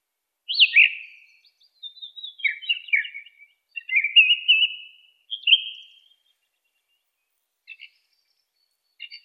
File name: suara kicauan burung song thrush. omkicau